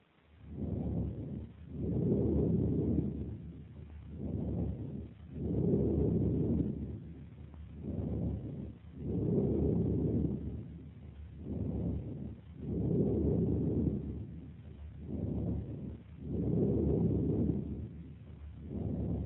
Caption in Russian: Только патологическое бронхиальное дыхание без побочных дыхательных шумов. У больного хроническим абсцессом левого легкого в фазе ремиссии. В проекции полости вы услышите амфорическое дыхание. В левой аксиллярной области.